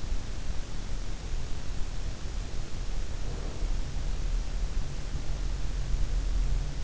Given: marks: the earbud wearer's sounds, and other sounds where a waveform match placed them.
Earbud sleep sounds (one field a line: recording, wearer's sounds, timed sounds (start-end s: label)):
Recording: sounds in sleep by an in-ear microphone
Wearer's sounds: breath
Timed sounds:
3.06-4.05 s: breath